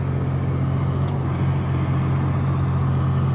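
The slide-out equipment tray in the front compartment of a 2023 Newmar Essex 4521 motorhome is pushed back in slowly and carefully before it latches. A steady low drone runs throughout, with a faint brief high-pitched trace near 1.0 s. Nothing has latched or clicked yet.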